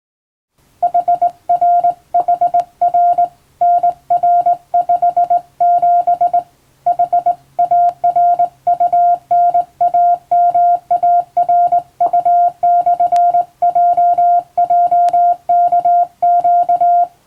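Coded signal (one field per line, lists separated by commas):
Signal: Morse code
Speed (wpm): 20 wpm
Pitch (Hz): 700 Hz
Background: music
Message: HRHR NR57 HARUNAMARU/JJKQ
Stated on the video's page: Morse code practice for the Japanese radio operator licence at 16 wpm.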